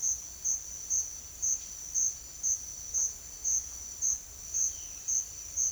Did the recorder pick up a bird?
no